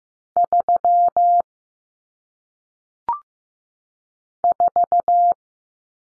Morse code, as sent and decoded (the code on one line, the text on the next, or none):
...-- / ....-
3 4